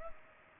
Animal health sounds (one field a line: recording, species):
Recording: mosquito wingbeat signal from an infrared sensor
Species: Culex pipiens